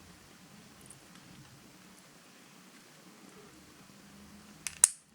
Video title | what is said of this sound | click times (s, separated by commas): Sony Xperia E1 D2005 Full Teardown - Disassembly and Assembly [Tutorial] | Okay, another click, | 4.7 s, 4.8 s